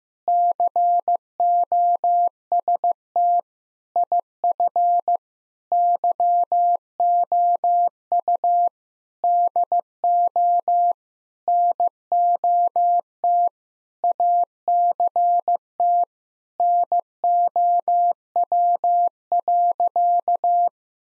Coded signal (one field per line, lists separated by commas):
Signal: Morse code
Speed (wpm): 15 wpm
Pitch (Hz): 700 Hz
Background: none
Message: COST IF YOU DO NOT ACT NOW.